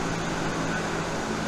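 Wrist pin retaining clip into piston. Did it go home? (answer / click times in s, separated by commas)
no / none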